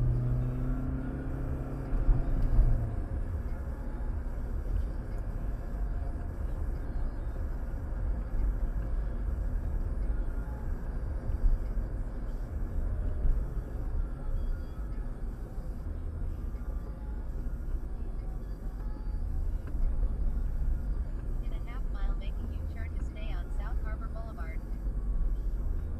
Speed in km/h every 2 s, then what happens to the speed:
34, 60, 61, 61, 60, 60, 58, 48, 44, 40, 40, 42, 40.
0-3 speeds up to 61. 3-13 steady at about 60. 13-17 brakes to 40. 17-26 steady at about 40.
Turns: none.